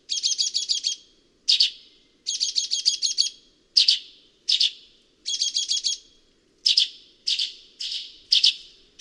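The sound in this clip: Sultan tit calls: fast stuttering bursts of rattling high notes mixed with single harsh chirps, repeated with short pauses between.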